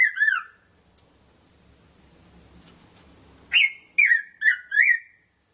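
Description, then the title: Red-throated parrotfinch calls, short bright chip notes delivered in a rapid series of four after a quiet gap, preceded by one trailing note. "Erythrura Psittacea"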